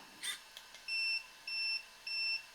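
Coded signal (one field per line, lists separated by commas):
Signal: beep code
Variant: RC transmitter setting beeps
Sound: three evenly spaced high beeps, each about a third of a second, preceded by clicks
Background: room noise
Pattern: 3 short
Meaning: Three beeps indicate medium stabilization level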